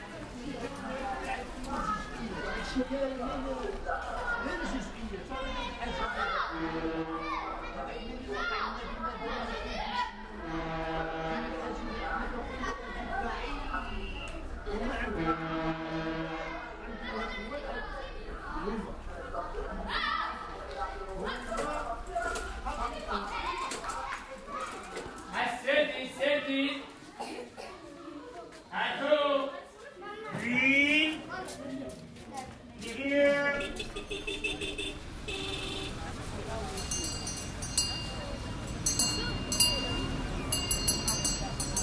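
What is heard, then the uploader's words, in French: A busy street in Tangier fills with overlapping voices, children and vendors calling out, their cries rising and falling through the first half minute. Around thirty seconds the voices thin into scattered shouts, and a steady, bright hiss takes over toward the end. Les cris d'une ville. Le cri des vendeurs d'eau. Le salut des gamins dans les rues de Tanger. Echos, voix et ambiances du Maroc.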